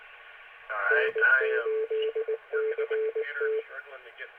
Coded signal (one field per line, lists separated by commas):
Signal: Morse code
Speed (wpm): 19 wpm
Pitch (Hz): 440 Hz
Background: speech, radio noise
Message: N8CT